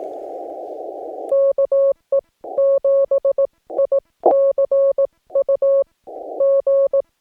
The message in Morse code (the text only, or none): KE7ICU G